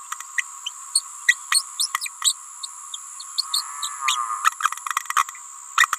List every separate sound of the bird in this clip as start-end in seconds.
0.37-0.43, 0.94-1.02, 1.27-1.36, 1.51-1.63, 1.78-1.88, 2.00-2.09, 2.21-2.33, 3.38-3.45, 3.53-3.63, 5.77-5.87